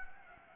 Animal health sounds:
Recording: mosquito wingbeat signal from an infrared sensor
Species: Anopheles gambiae

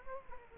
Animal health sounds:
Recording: mosquito wingbeat signal from an infrared sensor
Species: Aedes aegypti

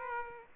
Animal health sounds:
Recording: mosquito wingbeat signal from an infrared sensor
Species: Aedes aegypti

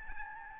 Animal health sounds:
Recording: mosquito wingbeat signal from an infrared sensor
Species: Aedes albopictus

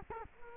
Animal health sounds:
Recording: mosquito wingbeat signal from an infrared sensor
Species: Culex quinquefasciatus

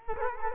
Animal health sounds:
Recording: mosquito wingbeat signal from an infrared sensor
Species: Culex quinquefasciatus

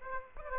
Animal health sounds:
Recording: mosquito wingbeat signal from an infrared sensor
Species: Aedes aegypti

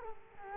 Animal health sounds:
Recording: mosquito wingbeat signal from an infrared sensor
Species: Culex quinquefasciatus

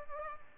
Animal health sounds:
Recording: mosquito wingbeat signal from an infrared sensor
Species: Culex pipiens

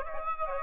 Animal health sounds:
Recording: mosquito wingbeat signal from an infrared sensor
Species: Aedes aegypti

